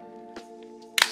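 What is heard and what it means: During reassembly of a Ruger Mark IV 22/45 pistol, the upper receiver is rotated down on its pivot and snapped closed onto the grip frame, over a steady tonal hum. A faint tap sounds at 0.4 s, then a sharp, loud snap at 1.0 s as the upper seats onto the grip frame.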